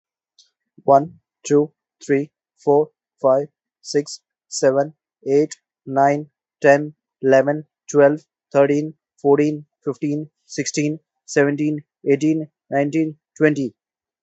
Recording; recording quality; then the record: counting at a normal pace; excellent, no background noise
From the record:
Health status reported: healthy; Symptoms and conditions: none ticked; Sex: male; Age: 37 years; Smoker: not ticked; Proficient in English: yes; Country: India